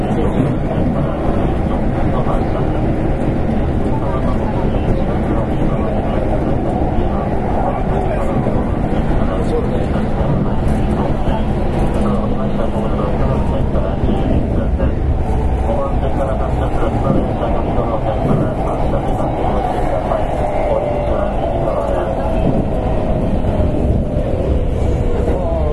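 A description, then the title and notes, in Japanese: Running sound of a Keikyu 1000 series train: a steady, heavy low rumble that stays loud for the whole 26 seconds. A faint whine rides above it, and in the last ten seconds a tone slowly falls in pitch. Indistinct voices may sit under the noise. 京浜急行電鉄 1000形の走行音です。直通快速特急にて収録しました。区間は川崎到着前から押上までです。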